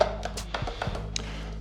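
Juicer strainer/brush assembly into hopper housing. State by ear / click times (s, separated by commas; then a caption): seated / 1.2 s. A strainer/brush assembly for a Nama J2 juicer, with its bottom opening lined up with the opening inside the hopper housing where the pulp extractor sits, is pressed into the housing. Several light taps and knocks come before a sharp, bright click at 1.2 s over steady low background music. The part snaps into place and is seated.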